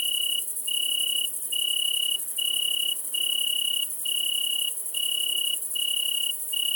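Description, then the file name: Italian tree cricket giving a run of clear, melodious trilled phrases separated by short pauses, while a bush-cricket keeps up an unbroken, very high buzzing hiss. With a great green bush-cricket, at Le Puech, Cantal. "grillon-d Italie-et-grande-sauterelle-verte-Le-Puech-Cantal"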